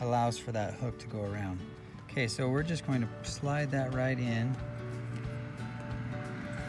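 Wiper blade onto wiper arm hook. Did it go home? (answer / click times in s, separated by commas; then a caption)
no / none. A windshield wiper blade adapter is slid onto the wiper arm hook and lined up, before it is squeezed and pulled forward to snap in. Someone talks over steady background music, with only faint handling sounds. Nothing has clicked or locked into place yet.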